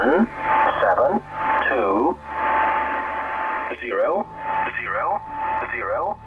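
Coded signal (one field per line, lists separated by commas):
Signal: numbers station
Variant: English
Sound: flat voice reading digits: one seven two, zero zero zero, one seven two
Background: radio static, low hum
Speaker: The scene we've just laid out is actually a bona fide childhood memory for a lot of kids worldwide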